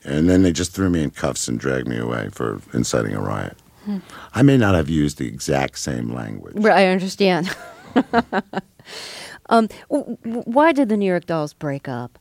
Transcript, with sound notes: And then they just threw me in cuffs and dragged me away for inciting a riot.
Mm.
I may not have used the exact same language.
Right. I understand. (Laughs) Why did the New York Dolls break up?